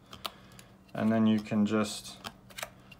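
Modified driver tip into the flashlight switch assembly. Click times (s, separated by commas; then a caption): 0.3 s. A modified, ground-down driver tip is pushed down into the hole in an LED Mag-Lite flashlight's switch assembly and locks in place with a sharp click at 0.3 s. Someone then talks, and a few softer clicks and taps follow near the end.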